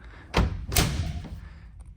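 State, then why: Seated. A retractable bed cover on a 2008 Ford F-150 Roush Nitemare is rolled forward until it latches shut at the tailgate end onto the truck bed rail. Two heavy thuds are heard at 0.4 s and 0.8 s, followed by quieter handling noise. The cover seats and latches closed with a snug fit.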